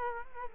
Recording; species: mosquito wingbeat signal from an infrared sensor; Culex quinquefasciatus